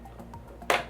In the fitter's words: and it clicks in place and you're done with the ram